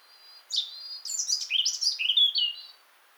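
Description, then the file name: European robin phrase of thin high notes followed by a rapid cascade of silvery trills stepping downward, ending on a steady whistle, heard against faint background hiss. "Erithacus rubecula"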